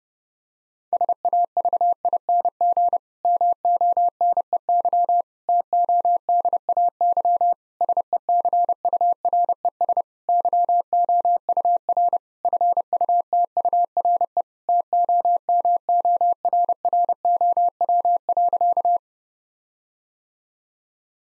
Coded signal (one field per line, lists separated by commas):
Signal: Morse code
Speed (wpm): 30 wpm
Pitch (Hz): 700 Hz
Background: none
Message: SAVING MONEY TODAY SECURES YOUR FUTURE TOMORROW.